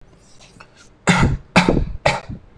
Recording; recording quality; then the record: shallow voluntary cough; excellent, no background noise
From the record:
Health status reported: recovered from COVID-19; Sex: male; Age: 20 years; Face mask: not worn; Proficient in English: yes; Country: India